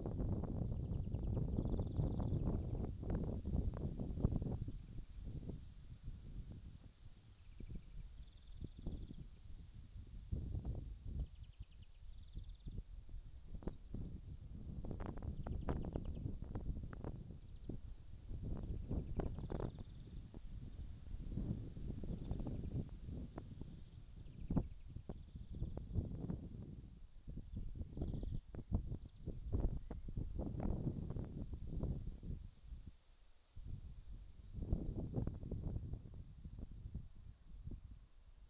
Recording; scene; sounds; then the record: everyday scene through a hearing-aid microphone; wind on the microphone; wind, birds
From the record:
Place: in front of a rural house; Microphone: in the ear canal, left